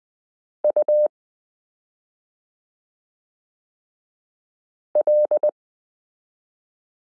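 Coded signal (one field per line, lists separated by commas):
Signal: Morse code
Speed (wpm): 20 wpm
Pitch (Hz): 600 Hz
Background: none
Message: U L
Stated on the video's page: Morse listening lesson 8 of a Koch-method course, using the characters m k r s u a p t l.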